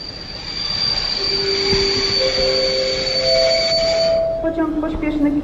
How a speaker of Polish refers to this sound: Pośpieszny Kyiv Express z Warszawy Zachodniej do Kijowa przez Lublin.